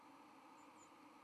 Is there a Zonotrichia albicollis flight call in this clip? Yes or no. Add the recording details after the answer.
no. Another species' flight call is heard. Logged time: 08:15 on 31 October 2014